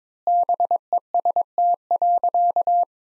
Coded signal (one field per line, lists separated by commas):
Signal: Morse code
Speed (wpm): 22 wpm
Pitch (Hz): 700 Hz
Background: none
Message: BEST.